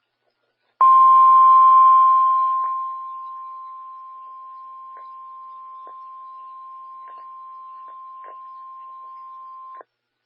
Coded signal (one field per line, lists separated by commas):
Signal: Emergency Alert System (SAME) tones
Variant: 1050 Hz attention tone